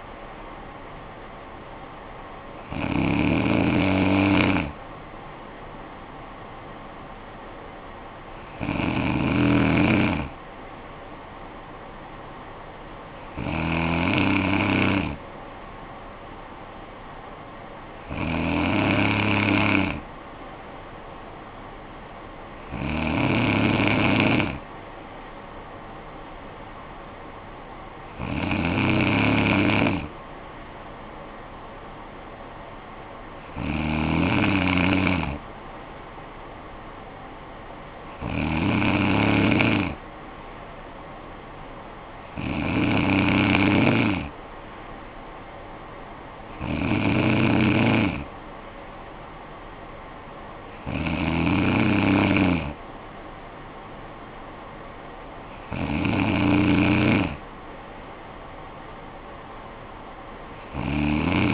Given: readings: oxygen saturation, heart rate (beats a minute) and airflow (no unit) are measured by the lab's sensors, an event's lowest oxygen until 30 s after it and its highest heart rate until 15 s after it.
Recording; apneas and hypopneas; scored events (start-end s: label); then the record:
breathing in sleep by a voice recorder at the bedside; none
none scored
From the record:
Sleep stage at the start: N2 (light sleep); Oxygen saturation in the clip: 93 to 95%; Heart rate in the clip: 50 to 58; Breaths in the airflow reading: 12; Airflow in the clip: -9.7 to 6.1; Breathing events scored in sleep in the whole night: 445 in 7.6 hours asleep